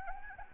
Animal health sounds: mosquito wingbeat signal from an infrared sensor; Anopheles arabiensis

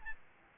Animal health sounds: mosquito wingbeat signal from an infrared sensor; Aedes albopictus

